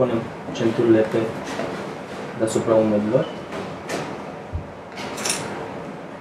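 Someone talks while the harness straps of a child car seat are placed over the shoulders and the buckle tongues are brought together and lined up toward the crotch buckle, with soft sliding and handling sounds. Nothing has seated or clicked yet.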